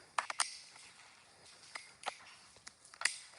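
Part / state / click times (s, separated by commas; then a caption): quick-connect fitting into pressure washer line coupler / seated / 0.2 s. After re-purging the line, a metal quick-connect fitting from a pressure washer hose or foam cannon is reconnected into the pressure washer line coupler. It snaps home with a sharp click at 0.2 s, followed by smaller metallic ticks at 0.3 and 0.4 s and further clacks around 1.8, 2.1 and 3.1 s. The coupling is fully seated.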